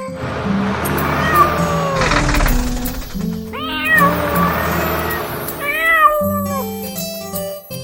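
A kitten lets out a few high, wavering meows, each rising then falling in pitch, over a steady, humming tonal background that carries through the whole stretch.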